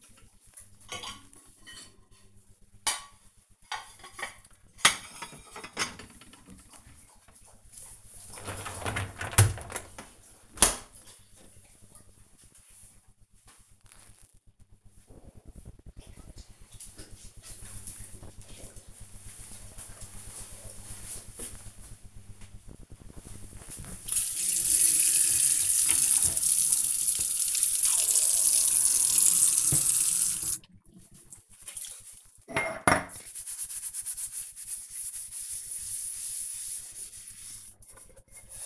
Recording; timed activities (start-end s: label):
household activities, microphone on the right wrist
0.00-10.51 s: cleaning out the dishwasher
22.62-38.66 s: washing dishes